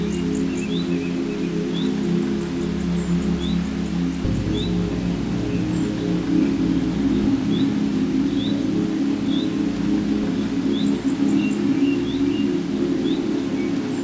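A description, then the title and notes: Rainforest ambience with birds: short bright chirps repeat at a fairly regular pace over a steady hiss. Beneath, a sustained low droning music tone holds throughout, shifting in pitch around four seconds and again near seven, while the overall level stays even. Ambient Music Rainforest Sounds Birds.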